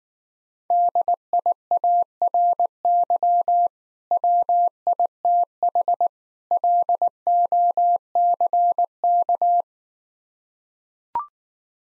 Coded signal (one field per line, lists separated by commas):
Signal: Morse code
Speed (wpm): 19 wpm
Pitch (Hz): 700 Hz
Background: none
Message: DIARY WITH LOCK